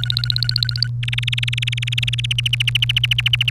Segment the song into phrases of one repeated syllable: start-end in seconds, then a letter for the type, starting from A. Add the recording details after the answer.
0.00-0.87 A, 1.03-2.26 B, 2.31-3.50 C. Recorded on 1 May 2018 at 15:17. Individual llb3